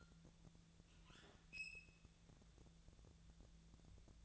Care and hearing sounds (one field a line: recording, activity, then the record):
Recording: daily activity, microphone in the room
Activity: open fridge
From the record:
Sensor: 3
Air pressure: 1000.1 hPa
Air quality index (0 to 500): 130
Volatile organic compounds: 2 ppm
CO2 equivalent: 1161 ppm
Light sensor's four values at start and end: 41/105/44/49 and 41/106/45/49